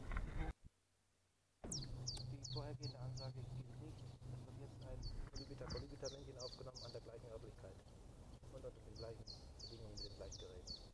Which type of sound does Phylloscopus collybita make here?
song